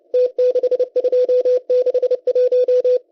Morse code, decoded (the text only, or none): T6261